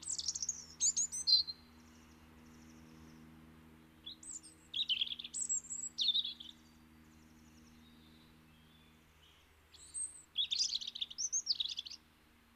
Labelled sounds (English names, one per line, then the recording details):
European Robin song
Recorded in the wild
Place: Kaiserslautern, Rheinland-Pfalz, DE
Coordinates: 49.3683, 7.78167
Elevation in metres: 452
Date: 1977-03-06
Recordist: Tretzel, Erwin